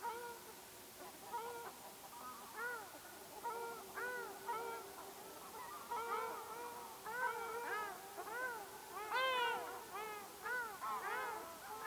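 Ruddy shelduck calling repeatedly with nasal honks, the calls growing denser and louder toward the end.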